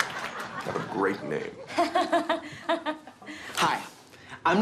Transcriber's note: soundbite of giggling